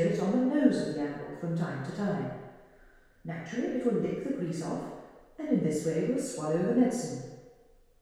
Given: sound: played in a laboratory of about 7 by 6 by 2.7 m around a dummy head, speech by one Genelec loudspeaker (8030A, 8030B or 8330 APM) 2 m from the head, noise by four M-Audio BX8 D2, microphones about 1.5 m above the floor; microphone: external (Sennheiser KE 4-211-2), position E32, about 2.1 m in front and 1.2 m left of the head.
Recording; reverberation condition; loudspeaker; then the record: female speech in English; high; in front (0 degrees)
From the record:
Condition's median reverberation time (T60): about 1300 ms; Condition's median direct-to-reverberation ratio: about -4.0 dB